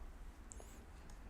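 A plug on the LED spot or sensor wiring is pushed into the lighting system connector (LOOX5 system) and clicks in with one sharp, high click at 0.5 s. The connection is seated after having been badly fitted, and the light works right after.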